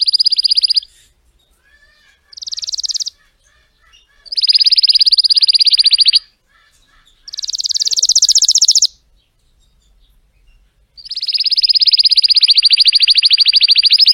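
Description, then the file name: Canary song in separate bursts of rapid pulsed trills of varying length, split by short silences. Song of a red frosted Belgian canary. "canto do canario belga vermelho nevado"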